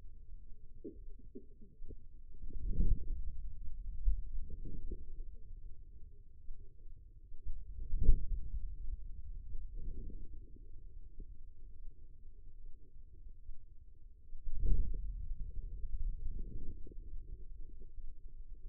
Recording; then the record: forearm muscle sounds (acoustic myography)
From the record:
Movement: hand closing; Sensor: system 2, bracelet of six BSWA MPA416 microphones around the upper forearm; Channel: 3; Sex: female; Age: 25 years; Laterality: right